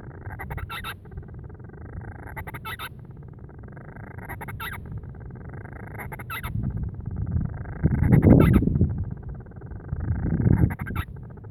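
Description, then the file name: Band-rumped storm petrel giving repeated rising churring phrases that end in sharp clicking squeaks, several in a row, against a rumbling low background. "Band-rumped-Storm-Petrel-Oceanodroma-castro Grants"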